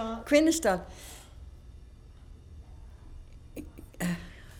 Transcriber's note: she laughs